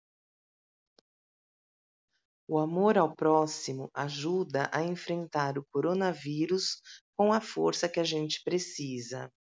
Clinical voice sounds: spoken sentence; Brazilian Portuguese; female; 40 to 49 years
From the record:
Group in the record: control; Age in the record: 49 years

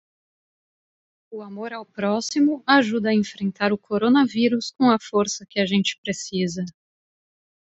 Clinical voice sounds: spoken sentence; Brazilian Portuguese; female; 20 to 29 years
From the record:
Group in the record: control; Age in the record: 29 years

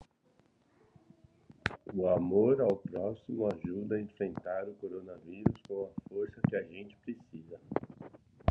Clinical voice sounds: spoken sentence; Brazilian Portuguese; male; 40 to 49 years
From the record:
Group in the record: control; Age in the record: 41 years

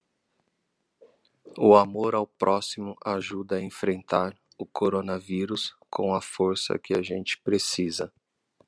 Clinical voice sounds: spoken sentence; Brazilian Portuguese; male; 40 to 49 years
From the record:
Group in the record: control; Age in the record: 48 years

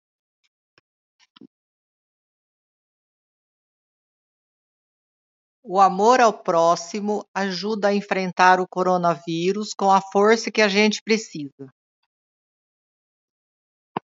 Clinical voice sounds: spoken sentence; Brazilian Portuguese; female; 60 to 69 years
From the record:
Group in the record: control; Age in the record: 61 years

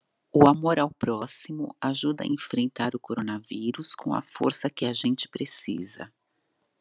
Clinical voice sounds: spoken sentence; Brazilian Portuguese; female; 50 to 59 years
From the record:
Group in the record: control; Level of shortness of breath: 0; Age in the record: 53 years

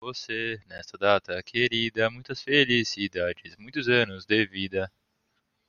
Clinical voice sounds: short text; Brazilian Portuguese; male; 20 to 29 years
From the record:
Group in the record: control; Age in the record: 20 years

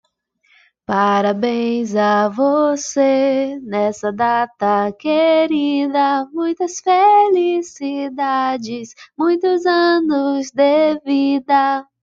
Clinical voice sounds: short text; Brazilian Portuguese; female; 20 to 29 years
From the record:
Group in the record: control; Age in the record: 26 years

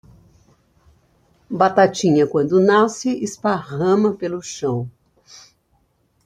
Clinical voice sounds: short text; Brazilian Portuguese; female; 70 to 79 years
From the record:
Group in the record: control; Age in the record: 71 years

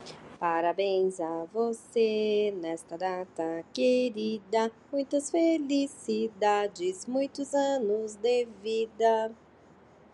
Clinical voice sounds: short text; Brazilian Portuguese; female; 40 to 49 years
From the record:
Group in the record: control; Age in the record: 40 years

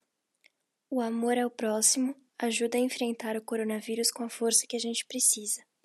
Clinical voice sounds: spoken sentence; Brazilian Portuguese; female; 18 to 19 years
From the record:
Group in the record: control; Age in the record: 18 years

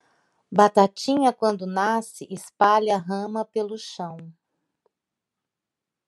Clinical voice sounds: short text; Brazilian Portuguese; female; 50 to 59 years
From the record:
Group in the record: control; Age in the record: 54 years

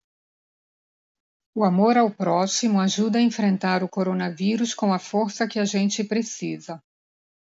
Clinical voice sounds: spoken sentence; Brazilian Portuguese; female; 50 to 59 years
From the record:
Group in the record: control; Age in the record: 54 years

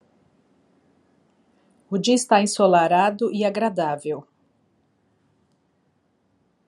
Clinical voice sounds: spoken sentence; Brazilian Portuguese; female; 40 to 49 years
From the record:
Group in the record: control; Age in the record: 47 years

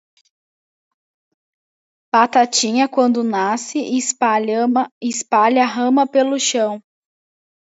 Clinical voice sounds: short text; Brazilian Portuguese; female; 20 to 29 years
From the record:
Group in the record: control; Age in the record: 22 years

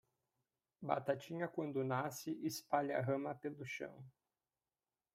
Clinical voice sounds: short text; Brazilian Portuguese; male; 20 to 29 years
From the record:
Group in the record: control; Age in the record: 22 years

